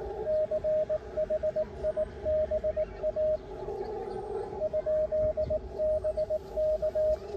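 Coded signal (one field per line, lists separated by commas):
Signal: Morse code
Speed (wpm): 22 wpm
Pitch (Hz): 610 Hz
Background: radio noise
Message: CHIBA ?BK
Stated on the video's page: Amateur CW contact with a Japanese station by a Korean novice.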